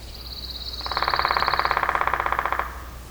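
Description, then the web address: Woodpecker giving a fast rattling burst of pulsed notes for nearly two seconds; a thin, steady high whistle starts before the rattle and stops partway through it. "Matthew Kramer. Island Woodpecker"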